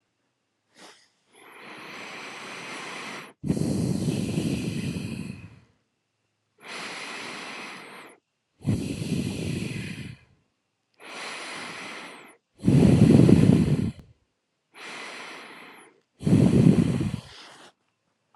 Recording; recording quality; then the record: deep breathing; excellent, no background noise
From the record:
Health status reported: healthy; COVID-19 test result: not tested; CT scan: not taken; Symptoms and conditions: none ticked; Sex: male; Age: 42 years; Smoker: no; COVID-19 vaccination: one dose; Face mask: not worn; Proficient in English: yes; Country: India